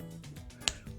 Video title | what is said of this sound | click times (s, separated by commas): Transformers Review: Robot Enhanced Design G1 Optimus Prime | kind of pop in in like two clicks so i gotta make sure it's pushed in all the way | 0.7 s